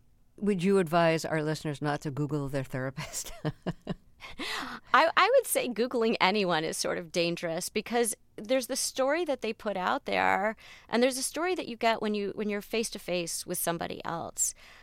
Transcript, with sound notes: Would you advise our listeners not to Google their therapist (laughter)?
I would say Googling anyone is sort of dangerous because there's the story that they put out there, and there's the story that you get when you - when you're face-to-face with somebody else.